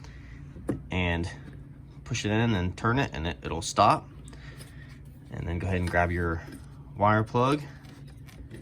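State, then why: Not seated. While replacing the driver-side high beam bulb on a Honda CR-V, someone talks as the new bulb is pushed in and turned until it stops, then reaches for the plastic wiring harness plug that goes onto the bulb's base. Faint handling ticks come near 0.7 s and 4.3 s, with a few more near the end. The plug has not yet clicked onto the bulb, so nothing has seated.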